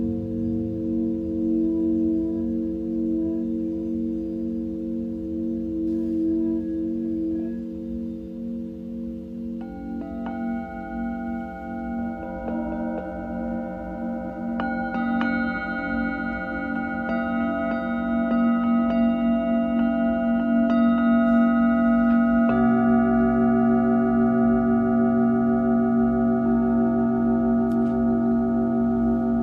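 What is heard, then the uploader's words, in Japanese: Singing bowls ring in a sound healing session, their low hum steady and layered throughout. New bright tones are struck around 10, 15 and 22 seconds, each sustaining and stacking over the others. The overall sound swells slightly toward the end. 朝のメキシコより シンギングボウルのサウンドヒーリング。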